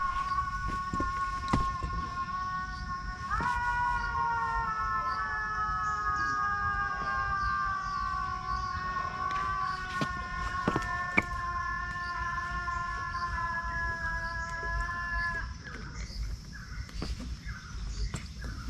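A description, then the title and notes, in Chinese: On a dawn walk through hillside woods, with a steady low rumble and scattered ticks and taps throughout. From about three to fifteen seconds a long, nasal, wavering tone holds steady, sounding like a drawn-out animal cry or whine, then fades. 台南ASMR環境音。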